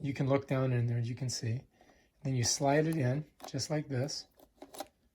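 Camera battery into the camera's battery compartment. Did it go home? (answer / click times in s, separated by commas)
yes / 4.8 s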